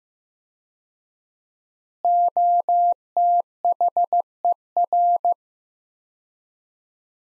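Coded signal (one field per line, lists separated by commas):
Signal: Morse code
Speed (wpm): 15 wpm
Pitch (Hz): 700 Hz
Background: none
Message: OTHER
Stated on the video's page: Morse practice at 15 wpm: sets of three words with 4x word-spacing, Farnsworth-like, each sent, spoken, then sent again for head-copy.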